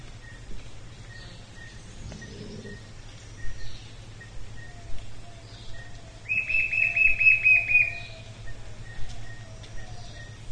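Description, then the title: White-shouldered fire-eye call: a rapid, slightly wavering buzzy series midway, amid scattered soft chips and a constant low hum. "LuckyPassaro Completos2Sama. White-shouldered Fire-eye (Pyriglena leucoptera)"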